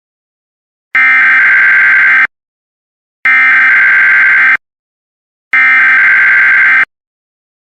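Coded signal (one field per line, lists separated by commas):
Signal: Emergency Alert System (SAME) tones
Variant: header bursts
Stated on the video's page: Fictional EAS scenario with simulated alert tones.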